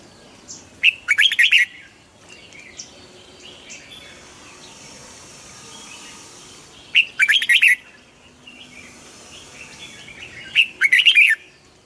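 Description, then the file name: Red-whiskered bulbul song: three loud, rich warbled phrases with faint soft chatter between them. Huế strain bulbul singing in the giọng kép (double-voice) song style. "Tieng chao mao hue hot giong kep"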